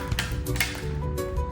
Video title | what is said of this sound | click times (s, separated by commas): 🔥 Keep Food Fresh 10x Longer! - Comtar Smart Vacuum Sealer Machine for Perfect Food Preservation | Hear it click into place. | 0.2 s, 0.6 s